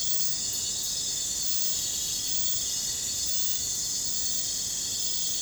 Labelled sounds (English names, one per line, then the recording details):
none
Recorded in pastures near Puerto Asís, Putumayo, Colombia, on 21 December 2024 at 01:00
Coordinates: 0.466, -76.322
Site G040